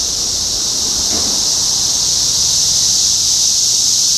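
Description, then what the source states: Cicadas buzzing in a steady high-pitched chorus; a short low thump or passing noise breaks in briefly near the start. Cicadas recorded in Topeka, Kansas, United States, on 14 June 2015.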